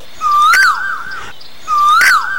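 Asian koel calling, two loud whistled notes, each sliding upward then dipping, about a second and a half apart.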